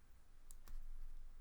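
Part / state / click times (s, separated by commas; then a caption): plastic kit part into its mating part on a scale tank model / seated / 0.5 s. A small plastic part of a Dragon 1/35 scale M4A3 Sherman tank model kit is pressed and lined up on its mating part until it locates itself. A sharp, bright click is heard at 0.5 s, followed by a second, softer tick at 0.7 s over a low background hum. The part seats with a clean click.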